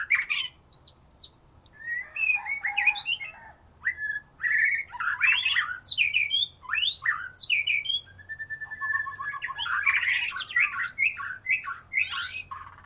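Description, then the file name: White-rumped shama singing a varied, lively medley of clear whistles, rapid trills and scratchy notes in quick bursts, with a brief steady whistle. "murai batu"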